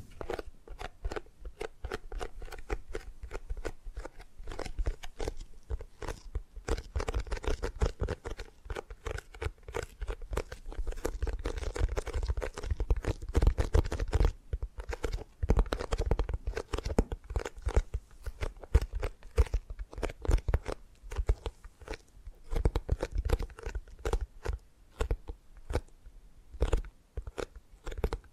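Tapping and gripping sounds run through the whole stretch as quick, irregular clicks and taps, dense and uneven, with short crisp transients. A low rumble of handling sits underneath, and a few heavier thumps stand out around the middle.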